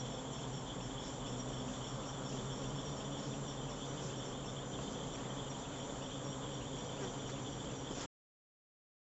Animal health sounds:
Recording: honeybee defence experiment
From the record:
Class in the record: alert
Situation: Africanized honeybees facing leafcutter ants (Atta)

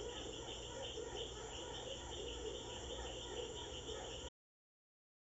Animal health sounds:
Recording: honeybee defence experiment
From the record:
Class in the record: control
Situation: empty test tube, no live specimens

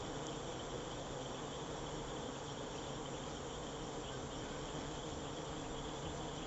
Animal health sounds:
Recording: honeybee defence experiment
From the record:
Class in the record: control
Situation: empty test tube, no live specimens

